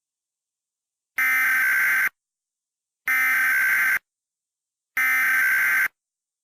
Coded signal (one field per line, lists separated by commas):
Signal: Emergency Alert System (SAME) tones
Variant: header bursts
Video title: EAS Scenario #1: Child's Play